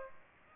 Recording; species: mosquito wingbeat signal from an infrared sensor; Aedes aegypti